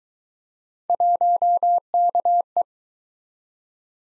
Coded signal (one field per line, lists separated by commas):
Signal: Morse code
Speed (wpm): 22 wpm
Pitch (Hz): 700 Hz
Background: none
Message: 1KE